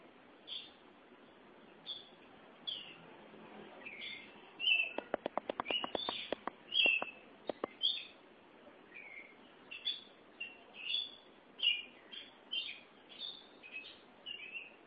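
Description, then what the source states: Oriental magpie-robin song of clear, short whistled and chirped phrases repeated about once a second, with a burst of sharp clicking taps partway through. Chirping song (kicauan) of the bird.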